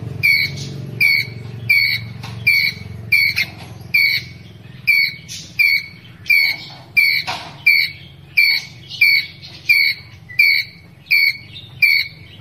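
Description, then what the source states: Ground squirrel calling with short, piercing chirps repeated about every three quarters of a second, with a faint low rumble behind. Ground squirrel calling to its group.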